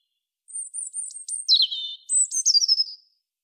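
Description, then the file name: European robin song: very high thin notes open the phrase, then it drops to lower sweet trills and ends with a twittering flourish. "Erithacus rubecula"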